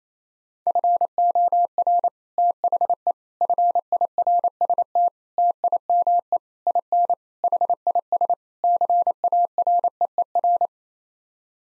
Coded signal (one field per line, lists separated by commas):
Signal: Morse code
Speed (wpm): 28 wpm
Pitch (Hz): 700 Hz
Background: none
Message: FOR THE FIRST TIME IN HIS CAREER